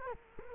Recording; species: mosquito wingbeat signal from an infrared sensor; Culex quinquefasciatus